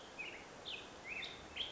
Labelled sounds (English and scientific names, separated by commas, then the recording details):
Black-headed Grosbeak (Pheucticus melanocephalus)
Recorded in Sonoma County, California